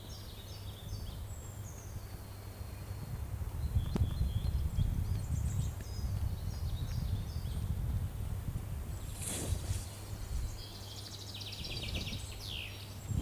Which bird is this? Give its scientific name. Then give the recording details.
Fringilla coelebs. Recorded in the wild. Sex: male. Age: adult. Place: Hermsdorfer Forsten, Berlin, DE. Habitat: forest. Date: 2005-05-05 12:13. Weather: partly cloudy, 12°C. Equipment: Sony WM-D6C, Sony ECM-MS 907, Kopie Uher 4000 Report Monitor. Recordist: Tembrock, Günter. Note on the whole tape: Gesang, Wildschweingehege und Umgebung